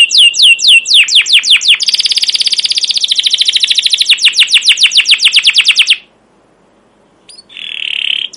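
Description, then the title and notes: Canary song: rapid repeated downward-sweeping chirps, then a fast buzzy trill for several seconds, a short pause, and a brief high note. Captive canary with long, emotional, chattering song used as a training lure (pancingan/masteran) to teach young canaries to sing. "CUIT CUIT NGEROL LANGSUNG GACOR PANJANG Kenari Ini AMPUH Utk Pancingan KENAR. PANCINGAN Kenari GACOR PANJANG Cuit CUIT EMOSI ini AMPUH utk MASTERAN Kenari PAUD belajar BUNYI. burung kenari"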